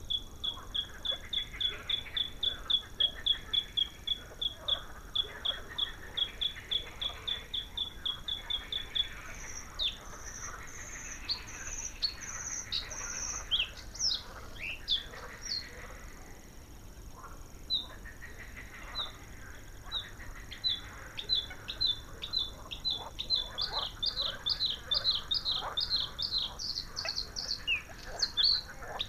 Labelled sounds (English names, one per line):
Bluethroat song